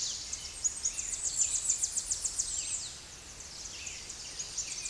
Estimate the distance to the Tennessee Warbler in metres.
about 25 m